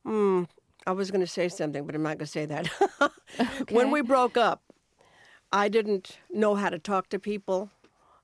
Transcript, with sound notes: I was going to say something, but I'm not going to say that (laughter).
OK.
When we broke up, I didn't know how to talk to people.